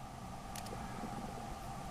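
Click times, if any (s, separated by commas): 0.6 s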